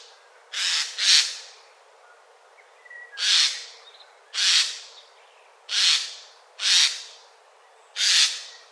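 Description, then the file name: Eurasian jay giving a run of rasping screeches, the first doubled, with little else heard. "Garrulus glandarius"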